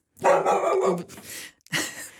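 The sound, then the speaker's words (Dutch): A dog in a radio studio barks twice: a long, loud, harmonic bark that trails off, followed after a short pause by a shorter, sharper one. No one speaks. “Dit is de hond die nooit lacht.”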